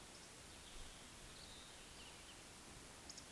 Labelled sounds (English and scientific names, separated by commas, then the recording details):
Eurasian Woodcock (Scolopax rusticola) whistle
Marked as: whistle, whistle
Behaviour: display flight
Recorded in Baden-Württemberg, Germany, on 31 May 2021 at 19:56 UTC
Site 20675, 466 m above sea level